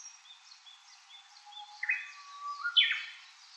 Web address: ウグイス. arpla 鳥の声研究室